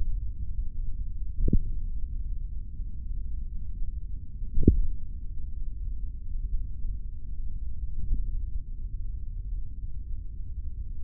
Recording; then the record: forearm muscle sounds (acoustic myography)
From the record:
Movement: tripod grip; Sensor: system 3, bracelet of six PUI Audio POM-2738L microphones around the upper forearm, with dedicated amplification and filtering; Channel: 1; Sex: male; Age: 25 years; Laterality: right